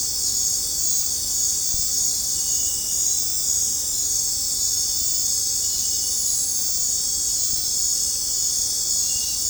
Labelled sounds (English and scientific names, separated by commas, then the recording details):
none
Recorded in dense forest near Puerto Asís, Putumayo, Colombia, on 20 December 2024 at 19:30
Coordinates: 0.466, -76.327
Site G075